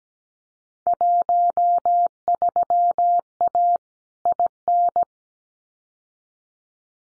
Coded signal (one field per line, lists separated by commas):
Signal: Morse code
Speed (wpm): 17 wpm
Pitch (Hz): 700 Hz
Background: none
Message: 13A IN